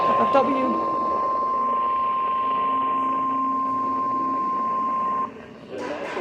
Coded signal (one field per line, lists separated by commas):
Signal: Emergency Alert System (SAME) tones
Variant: 1050 Hz attention tone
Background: speech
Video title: Multiple Storms: Part 5| EAS Alerts from June 8th 2025